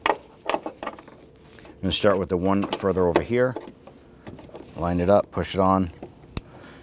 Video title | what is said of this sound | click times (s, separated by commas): How to Replace Fuel Pump Module Assembly 2010-2019 Ford Taurus 3.5L V6 | You're going to feel and hear it lock in. | 6.4 s